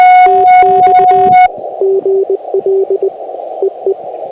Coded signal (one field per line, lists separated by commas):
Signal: Morse code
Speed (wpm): 20 wpm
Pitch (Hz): 390 Hz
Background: radio noise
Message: TX GL EE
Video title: Dummy accidentally uses dummy load for POTA! #cw #parksontheair #hamradio #qrp